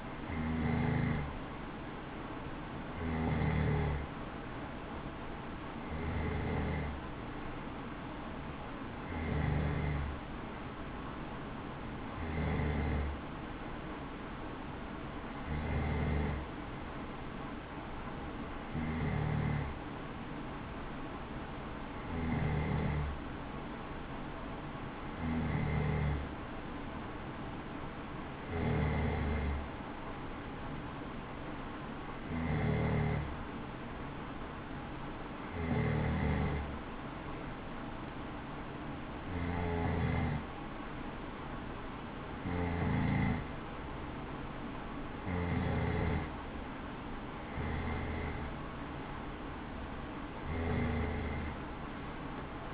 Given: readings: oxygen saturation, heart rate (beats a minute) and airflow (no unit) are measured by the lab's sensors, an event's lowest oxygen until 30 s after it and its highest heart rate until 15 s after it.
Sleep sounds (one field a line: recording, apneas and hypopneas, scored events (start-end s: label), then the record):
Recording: breathing in sleep by a voice recorder at the bedside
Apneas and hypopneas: none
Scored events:
none scored
From the record:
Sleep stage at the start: N3 (deep sleep)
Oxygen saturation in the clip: 93 to 94%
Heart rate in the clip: 62 to 66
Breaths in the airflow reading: 17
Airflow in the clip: -6.1 to 4.8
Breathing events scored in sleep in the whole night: 216 in 7.0 hours asleep